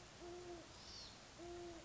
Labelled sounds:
Great Horned Owl
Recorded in Sonoma County, California

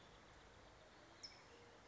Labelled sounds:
California Towhee
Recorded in Sonoma County, California

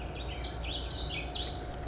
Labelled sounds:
Warbling Vireo
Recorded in Sonoma County, California

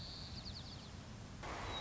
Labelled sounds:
White-crowned Sparrow
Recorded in Sonoma County, California

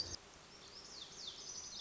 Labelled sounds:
Lazuli Bunting
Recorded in Sonoma County, California

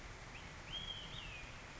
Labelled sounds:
Olive-sided Flycatcher
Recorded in Sonoma County, California

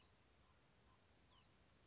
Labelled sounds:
Grasshopper Sparrow
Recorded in Sonoma County, California

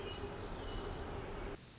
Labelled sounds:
Pacific Wren
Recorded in Sonoma County, California

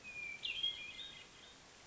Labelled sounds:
Hermit Thrush
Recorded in Sonoma County, California

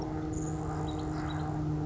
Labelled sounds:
Grasshopper Sparrow
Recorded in Sonoma County, California

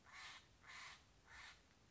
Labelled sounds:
Steller's Jay
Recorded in Sonoma County, California

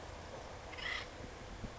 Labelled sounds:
Acorn Woodpecker
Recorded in Sonoma County, California

